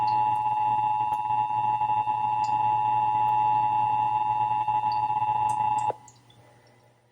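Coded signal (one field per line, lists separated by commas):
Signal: Emergency Alert System (SAME) tones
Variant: 853 and 960 Hz attention tone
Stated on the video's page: Required monthly test as heard on radio and TV stations.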